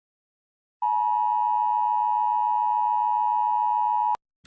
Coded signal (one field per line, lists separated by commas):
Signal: Emergency Alert System (SAME) tones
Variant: 853 and 960 Hz attention tone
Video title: EAS Scenario #38: Chernobyl Wolf Rampage.